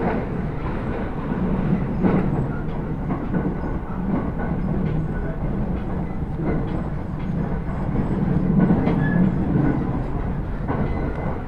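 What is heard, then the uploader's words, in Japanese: A rapid train on the Uchibo Line runs from Chiba toward Kisarazu, its steady low rumble filling the clip without a break. Faint rhythmic clicks and knocks from the wheels and carriage come through at irregular moments, with a brief brighter squeal near the end. 鉄道旅 内房線快速 千葉→木更津。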